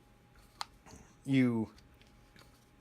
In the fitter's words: as you probably just heard just like any torque wrench when you get to the torque setting it releases tension and gives you that little click so